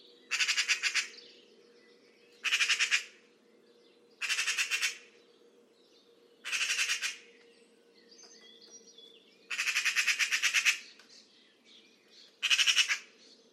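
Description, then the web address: Bird repeating rough, rattling bursts roughly every two seconds, mostly short, one longer, with soft calls in the pauses. "cianscape birddata Deverinetal 2025 Bird Only More Classes Pi Pi Pi Pi"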